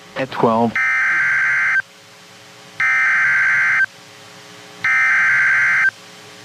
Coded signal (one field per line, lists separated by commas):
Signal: Emergency Alert System (SAME) tones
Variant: header bursts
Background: speech